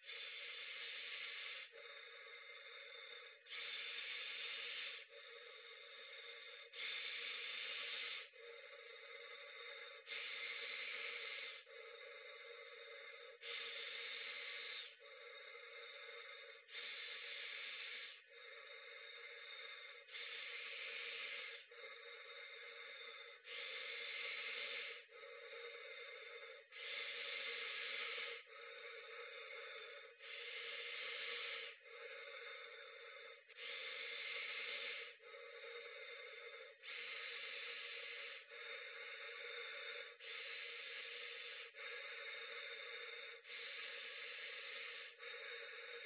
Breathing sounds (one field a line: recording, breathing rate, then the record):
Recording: paced breathing near a phone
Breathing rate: 18 breaths a minute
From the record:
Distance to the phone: 40 cm